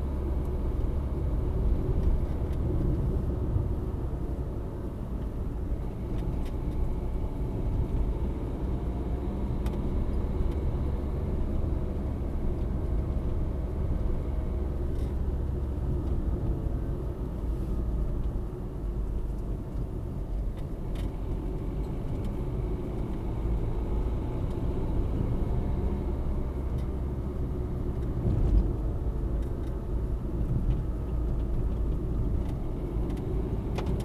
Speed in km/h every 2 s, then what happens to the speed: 53, 51, 45, 46, 50, 54, 55, 56, 45, 37, 36, 41, 49, 52, 48, 44, 41.
0-5 slows to 45. 5-14 speeds up to 56. 14-19 brakes to 36. 19-25 speeds up to 52. 25-34 slows to 41.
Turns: none.